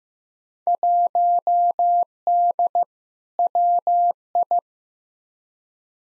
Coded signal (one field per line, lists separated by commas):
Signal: Morse code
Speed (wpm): 15 wpm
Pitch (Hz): 700 Hz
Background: none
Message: 1D WI